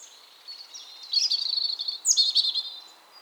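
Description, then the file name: European robin song: a short high phrase, a thin whistle swelling into a rapid shimmering trill, then a second sparkling burst. "Erithacus rubecula"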